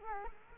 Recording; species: mosquito wingbeat signal from an infrared sensor; Culex quinquefasciatus